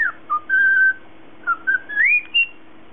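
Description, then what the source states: Cockatiel giving a few clean whistled notes, one long held tone, then quick notes that climb to a higher whistle at the end. Lutino colour variety.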